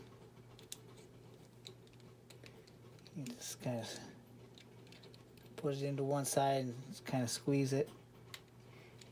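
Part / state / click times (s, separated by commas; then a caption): plastic wheelie bar into rear of RC chassis / seated / 8.3 s. A plastic wheelie bar is put into one side at the back of a Tamiya Lunchbox Jr RC chassis and squeezed while someone talks, with small light clicks and taps along the way. It snaps into place with a sharp click at 8.3 s, seating on the chassis.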